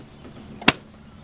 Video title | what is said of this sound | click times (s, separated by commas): Proof Mechanics and Dealerships are Scamming You | Now, it's snapped in place and it won't fall off. | 0.7 s